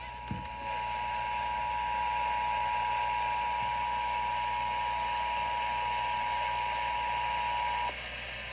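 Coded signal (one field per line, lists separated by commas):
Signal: Emergency Alert System (SAME) tones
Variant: 853 and 960 Hz attention tone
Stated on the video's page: Real Local Area Emergency activation on FM radio.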